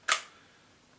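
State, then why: Seated. An aftermarket Airsoft Pro Gen 5 90 degree trigger unit, its rod lined up with the gap below the spring guide section, is pushed into a VSR-10 style airsoft rifle. It gives a single sharp, bright click at 0.1 s that fades quickly into quiet. The trigger unit seats and clicks into place, ready for its screws to be tightened.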